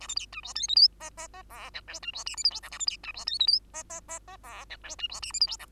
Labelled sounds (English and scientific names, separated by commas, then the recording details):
Bengalese Finch (Lonchura striata domestica) song
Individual Bird2